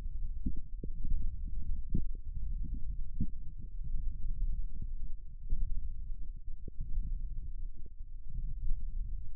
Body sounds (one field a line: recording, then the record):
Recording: forearm muscle sounds (acoustic myography)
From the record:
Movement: index flexion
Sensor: system 1, eight BSWA MPA416 microphones around the upper forearm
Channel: 8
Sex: male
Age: 18 years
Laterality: right